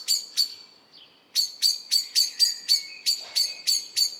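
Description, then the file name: Common blackbird repeating hard, metallic chink calls about three per second, broken by one brief pause and a thin, soft note. "Turdus merula"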